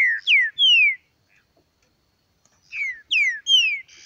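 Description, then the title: Green-winged saltator: two phrases of three slurred, descending whistles separated by a short silence. The second phrase ends in a faint buzzy note. Bird named Nicão in the bush, singing in a contest with a free-living bird. "Trinca Ferro NICÃ O No Mato Disputando Com Solto"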